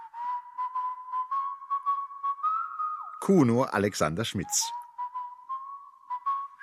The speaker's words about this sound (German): Da geht er und pfeift.